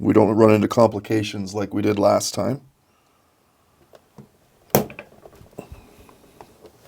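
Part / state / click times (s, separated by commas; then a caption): rotating bezel onto watch case / seated / 4.8 s. A ceramic 24-hour bezel is lined up with the notches and pressed down at the 12, 3 and 6 positions onto a steel automatic watch case. Someone talks for the first 2.7 seconds, then after a quiet pause the bezel snaps on with one sharp click at 4.8 s, followed by smaller ticks. The bezel is seated and turning.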